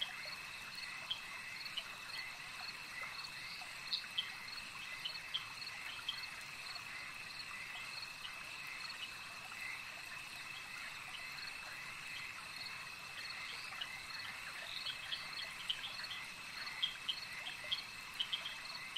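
A steady night chorus of crickets and frogs in a swamp, with continuous high chirring bands layered over each other. Soft scattered ticks and clicks pop out every second or so, while the low end stays quiet and even throughout.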